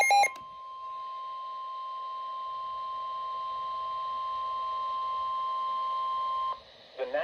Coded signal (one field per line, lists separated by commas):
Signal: Emergency Alert System (SAME) tones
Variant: 1050 Hz attention tone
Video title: NOAA Weather Radio - EAS Doubleheader Flash Flood Warning & Tornado Warning [EAS #7-8] (9/1/21)